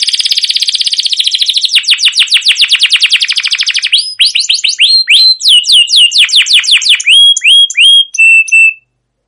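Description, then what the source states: Canary song: a long rapid trill of buzzy notes, then a run of repeated downslurred whistles ending in a short steady tone. Canary giving a long, energetic rolling chirping song (masteran) used to prompt other canaries to sing.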